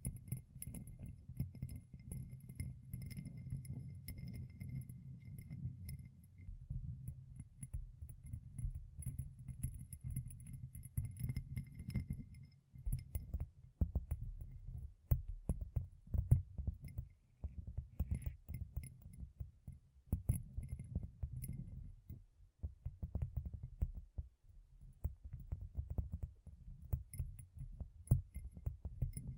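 Gem-covered fingertips tap and scratch in a dense, steady stream of soft, low, muffled thuds with quick clicks scattered through. Brief gaps break the rhythm around 13, 20 and 23 seconds, and a faint high ringing tone comes and goes throughout.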